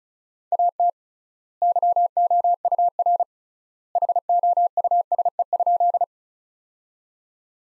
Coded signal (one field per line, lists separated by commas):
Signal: Morse code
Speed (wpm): 36 wpm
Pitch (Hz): 700 Hz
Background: none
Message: AT YOUR HOUSE?